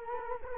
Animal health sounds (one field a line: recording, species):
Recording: mosquito wingbeat signal from an infrared sensor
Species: Culex quinquefasciatus